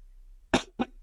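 Two short, harsh cough bursts from an adult man come about a quarter-second apart, the first louder and longer, against a quiet room background. It is a brief double cough or throat clear.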